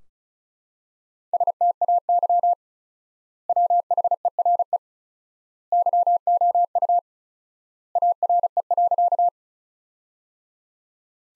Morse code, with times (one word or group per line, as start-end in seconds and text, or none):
1.3-2.5 STAY
3.5-4.8 WHERE
5.7-7.0 YOU
8.0-9.3 ARE.